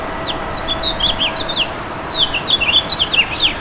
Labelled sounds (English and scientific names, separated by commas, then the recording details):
House Finch (Haemorhous mexicanus) song
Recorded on Long Island, New York, on 11 June 2012
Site HB
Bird D